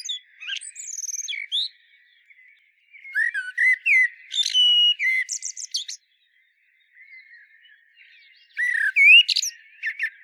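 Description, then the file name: Common blackbird song: fluty warbled phrases mixed with squeaky high twittering flourishes, in bursts separated by short pauses. "Turdus merula"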